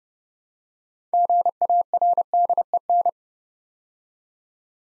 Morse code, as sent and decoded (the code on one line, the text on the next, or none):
--. .- .-. -.. . -.
GARDEN